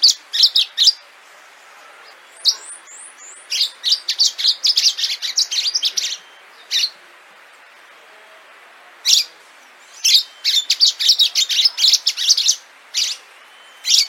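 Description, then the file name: Orange-fronted yellow finch song: bursts of high, sharp chirps and trills, with a few rising whistled slurs, separated by short pauses. "canto do canario do amazonas"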